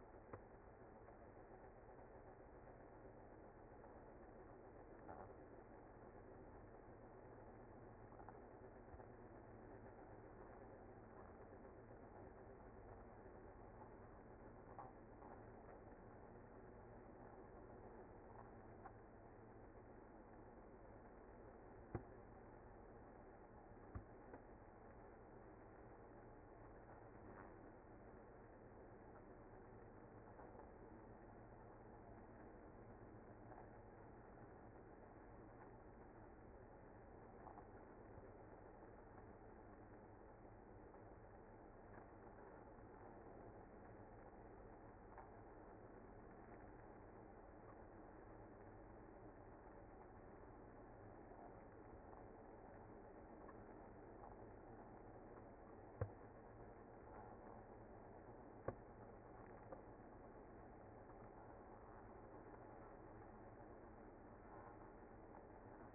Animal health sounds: honeybee colony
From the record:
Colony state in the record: active

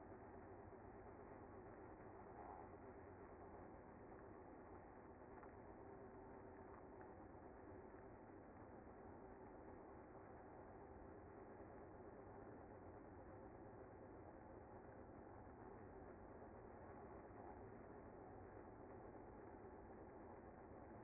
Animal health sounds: honeybee colony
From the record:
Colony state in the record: active

